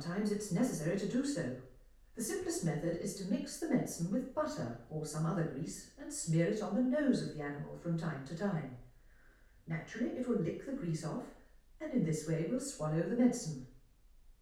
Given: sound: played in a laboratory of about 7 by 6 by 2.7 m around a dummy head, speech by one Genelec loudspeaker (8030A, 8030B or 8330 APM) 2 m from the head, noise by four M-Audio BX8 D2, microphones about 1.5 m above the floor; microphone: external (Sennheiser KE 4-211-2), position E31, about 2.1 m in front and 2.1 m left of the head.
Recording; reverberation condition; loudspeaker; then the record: female speech in English; medium; 150 degrees to the left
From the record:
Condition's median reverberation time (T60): about 510 ms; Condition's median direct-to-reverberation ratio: about -0.5 dB